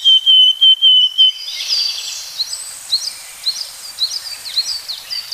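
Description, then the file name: Willow tit song: a run of several clear, level, high whistles in quick succession, then a stream of quick, high, twittering chirps. "kogara"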